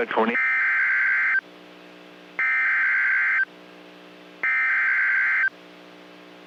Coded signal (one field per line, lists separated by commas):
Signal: Emergency Alert System (SAME) tones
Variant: header bursts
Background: speech